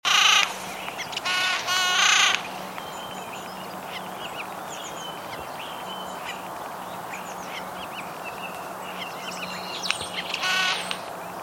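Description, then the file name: Eurasian jay producing harsh, grating screeches in a quick cluster of three at the start, then another after a long pause, with faint high bird chirps and low humming. "Garrulus glandarius"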